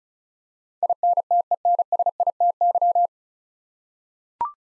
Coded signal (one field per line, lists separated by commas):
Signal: Morse code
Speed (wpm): 36 wpm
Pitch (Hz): 700 Hz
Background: none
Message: INTENSITY